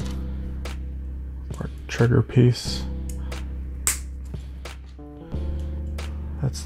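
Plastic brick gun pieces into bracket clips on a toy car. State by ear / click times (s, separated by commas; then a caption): seated / 3.9 s. Two plastic brick gun pieces are pressed onto the side clips of two brackets on a toy brick car while someone talks over steady background music. One sharp, loud click sounds at 3.9 s as they seat, locking them in for good.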